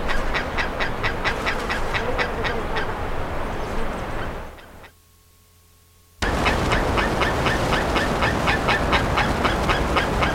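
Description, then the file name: Bird uttering rapid harsh notes, around four a second, broken by a short near-silent gap, then resuming over a low rumble. "SABIOD 50 bird 2015"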